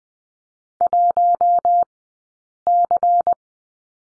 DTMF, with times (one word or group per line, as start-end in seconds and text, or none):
none